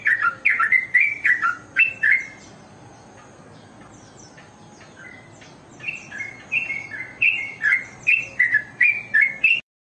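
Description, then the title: Oriental magpie-robin singing: quick whistled phrases rising and falling, a short quiet gap, then a steady series of sweet, repeated whistles. "Kicau Kacer"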